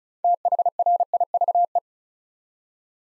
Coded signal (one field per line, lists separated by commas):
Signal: Morse code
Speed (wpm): 36 wpm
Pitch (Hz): 700 Hz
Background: none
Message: THRIVE